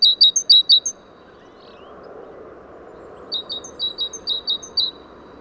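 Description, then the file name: Great tit: a short run of high, clipped double notes, a pause, then another quieter run of the same notes, over steady background noise. "Parus major"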